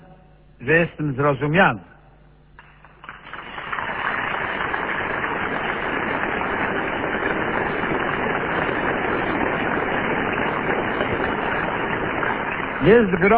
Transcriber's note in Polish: oklaski